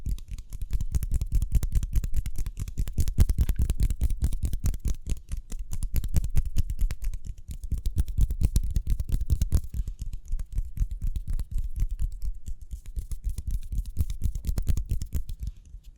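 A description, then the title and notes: Quick hand sounds, a fast run of dense rubbing and tapping strokes with a strong low thump under each one. The pace stays rapid and fairly even for the whole stretch. Brief softer dips come near eight and thirteen seconds before the rhythm picks back up. ASMR Speedy Hand Sounds (No Talking).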